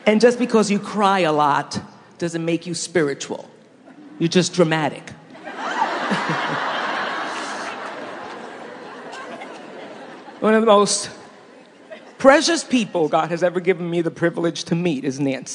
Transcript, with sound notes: And just because you cry a lot doesn’t make you spiritual; you’re just dramatic! (laughter) One of the most precious people God has ever given me the privilege to meet is Nancy!